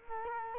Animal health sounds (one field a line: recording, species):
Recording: mosquito wingbeat signal from an infrared sensor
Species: Culex quinquefasciatus